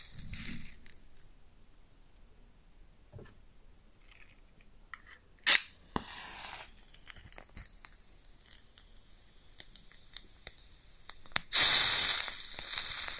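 A match is struck and burns close up, with faint crackles and small sizzling ticks scattered through a mostly quiet stretch. A sharp strike near five and a half seconds flares into a hiss, and a louder bright rush of fizzing near the end fades slowly.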